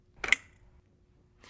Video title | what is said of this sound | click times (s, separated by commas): Invacare® I-Lift™ Power Lift For Sale in Billerica, MA | Then, push it away from you until you hear it click into place. | 0.2 s, 0.3 s